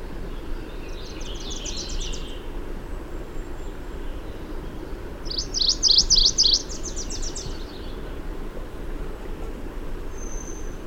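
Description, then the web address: MacGillivray's warbler song, a rapid string of buzzy high notes heard twice, the second phrase louder, against constant low rumbling background noise. "Mac Gillivray's Warbler Sounds --LNSCourse"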